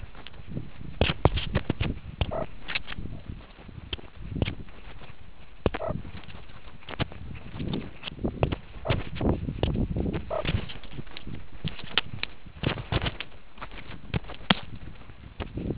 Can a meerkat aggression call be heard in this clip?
no